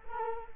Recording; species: mosquito wingbeat signal from an infrared sensor; Culex quinquefasciatus